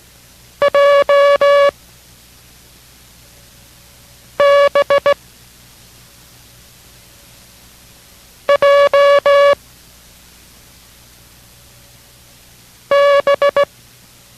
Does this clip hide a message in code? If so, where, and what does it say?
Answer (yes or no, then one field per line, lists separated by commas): yes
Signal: Morse code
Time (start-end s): 0.6-13.6 s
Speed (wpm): 17 wpm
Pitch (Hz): 570 Hz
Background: music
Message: J B J B